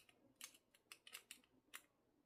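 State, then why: Not seated. A small tool is worked against the double lock mechanism of steel hinged Peerless 700C handcuffs to engage it, producing a series of sharp, light metallic ticks and scrapes, with the strongest at 0.4 s and 1.2 s and another near 1.8 s. The clip ends just before the double lock goes home, so nothing has seated or clicked yet.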